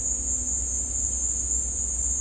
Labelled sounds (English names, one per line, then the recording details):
none
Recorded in dense forest near Puerto Asís, Putumayo, Colombia, on 16 December 2024 at 15:30
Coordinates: 0.466, -76.327
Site G075